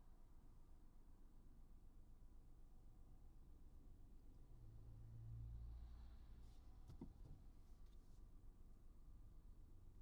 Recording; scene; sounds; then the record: everyday scene through a hearing-aid microphone; in a vehicle; engine, highway traffic jam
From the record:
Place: Skoda Fabia, gasoline engine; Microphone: in the ear canal, right